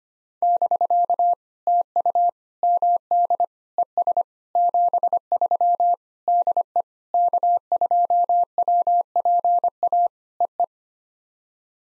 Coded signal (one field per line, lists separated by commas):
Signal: Morse code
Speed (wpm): 25 wpm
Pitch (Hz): 700 Hz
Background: none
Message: <BK> TU MD ES 73 DE K2WPA EE